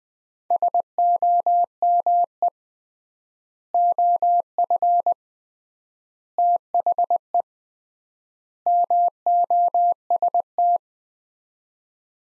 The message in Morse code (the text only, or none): SOME OF THE MOST